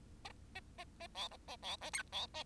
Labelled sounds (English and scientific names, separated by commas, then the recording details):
Bengalese Finch (Lonchura striata domestica) song
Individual Bird10